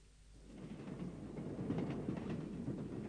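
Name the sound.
train clattering along rails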